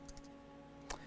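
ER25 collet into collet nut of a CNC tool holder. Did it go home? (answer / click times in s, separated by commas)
yes / 0.9 s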